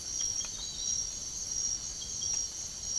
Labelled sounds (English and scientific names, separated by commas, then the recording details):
none
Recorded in secondary vegetation near Puerto Asís, Putumayo, Colombia, on 24 March 2025 at 03:30
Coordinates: 0.489, -76.322
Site G042